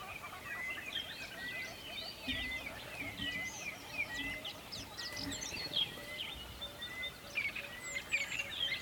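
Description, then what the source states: Birds chirping in a dense chorus, with many high twittering and whistled notes overlapping and a repeated short whistle, over a steady rushing background hiss. Recorded near a river.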